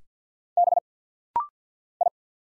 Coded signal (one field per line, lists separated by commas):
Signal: Morse code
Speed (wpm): 50 wpm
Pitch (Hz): 700 Hz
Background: none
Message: B I